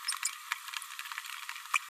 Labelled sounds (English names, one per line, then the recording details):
Green-rumped Parrotlet babbling
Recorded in a nest box in Venezuela
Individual 18B104A3